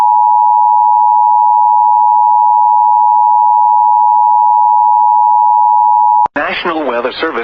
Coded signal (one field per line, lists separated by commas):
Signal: Emergency Alert System (SAME) tones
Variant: 853 and 960 Hz attention tone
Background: speech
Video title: SVR (First EAS on my new channel) (EAS 1) (please subscribe to my channel)